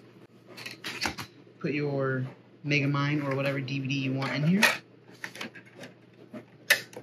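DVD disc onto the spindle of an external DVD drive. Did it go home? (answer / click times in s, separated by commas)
yes / 5.2 s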